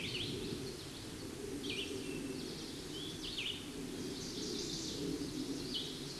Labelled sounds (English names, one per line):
Red-eyed Vireo song